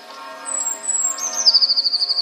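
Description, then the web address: Eurasian blue tit song: a very high, thin, slowly falling whistle followed by a fast, steady trill of repeated notes. "wroblowe teka spiew 1. wroblowe teka modraszkoteka"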